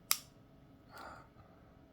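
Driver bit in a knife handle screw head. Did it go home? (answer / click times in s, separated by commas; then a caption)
no / 0.1 s. A driver bit cams out of a small metal pivot/handle screw head while loosening it on a Kubey Thalia folding knife, giving a sharp click at 0.1 s. A softer, broader rustle follows around 0.9–1.2 s. The bit has slipped and the screw head is stripped because it was not pushed in hard enough.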